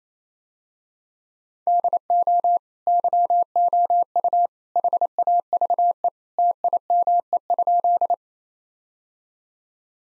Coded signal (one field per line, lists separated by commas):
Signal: Morse code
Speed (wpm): 27 wpm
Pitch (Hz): 700 Hz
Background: none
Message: DO YOU HAVE TIME?